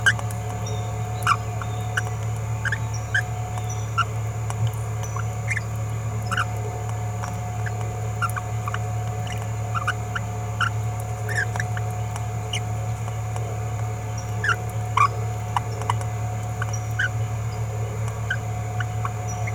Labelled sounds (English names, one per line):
Green-rumped Parrotlet babbling